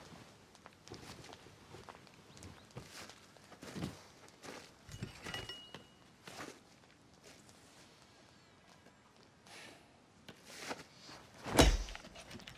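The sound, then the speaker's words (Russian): A man chops into a tree stump with an axe, trying to split it, with a handful of irregular, dull thunks spaced seconds apart, ending in one louder, sharper crack, with no talking. “Он снял толстовку, взял топор и стал рубить пень с серьезным лицом.”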